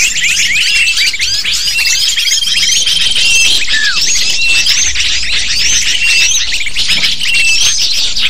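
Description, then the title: Lovebirds calling in a noisy flock: high twittering chirps overlap constantly, with a few longer whistled notes and a single descending call. Lure recording (pikat) used to attract lovebirds. "PIKAT BURUNG LOVEBIRD"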